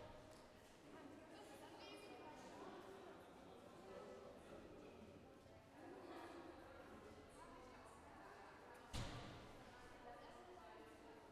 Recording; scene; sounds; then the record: everyday scene through a hearing-aid microphone; reverberant space; background noise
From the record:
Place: railway station hall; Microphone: behind the ear, left, front